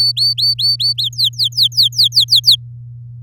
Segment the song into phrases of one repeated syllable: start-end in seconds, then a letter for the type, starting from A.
0.00-0.93 A, 0.98-2.56 B